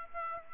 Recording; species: mosquito wingbeat signal from an infrared sensor; Aedes aegypti